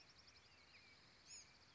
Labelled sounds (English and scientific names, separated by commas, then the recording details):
Bewick's Wren (Thryomanes bewickii)
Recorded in Sonoma County, California